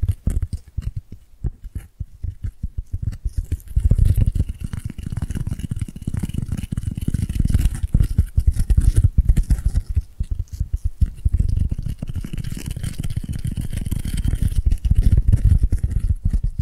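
Tapping triggers made of dense, rapid finger taps that blur into a continuous low patter. The taps swell and ease in waves, thickening around four, nine and fifteen seconds, with a faint thin high whine running through the middle and later stretches.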